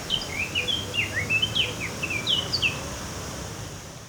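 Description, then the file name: Eurasian blackcap song: a rapid warbling sequence of slurred, falling whistled notes lasting about three seconds, with low background rumble. "Sylvia atricapilla"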